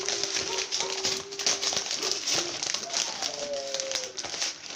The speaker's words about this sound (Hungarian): Á, egy kis papír darab csak.